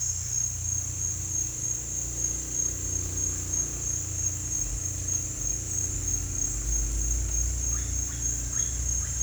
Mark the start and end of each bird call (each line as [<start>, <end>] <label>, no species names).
[7.60, 9.22] bird call